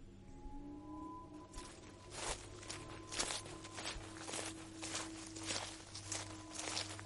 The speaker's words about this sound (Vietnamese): Bỗng đâu từ đằng sau có tiếng sột xà sột soạt vang lên mỗi lúc một gần.